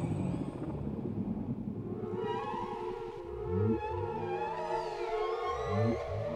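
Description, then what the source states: Whale song mixing low pulsed grunts with higher wavering cries and harmonic sweeps. Whale sounds without music, for sleep.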